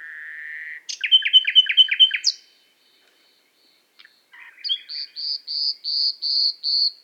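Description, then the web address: Nightingale singing a rising whistled note, then a run of sharp repeated notes, a pause, and a steady series of pure high whistles. Recorded in Qatar. "qatar birds qatar birds presentation extracts nightingale"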